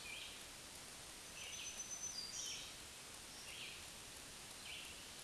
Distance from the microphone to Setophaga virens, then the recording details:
about 25 m. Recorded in a Pennsylvania forest on 1 June 2023 at 07:43. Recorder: AudioMoth, point grid3_35_low. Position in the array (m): 161 m, 137 m